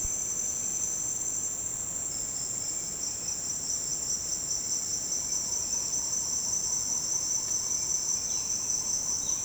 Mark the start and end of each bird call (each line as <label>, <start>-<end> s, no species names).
bird call, 0.01-9.45 s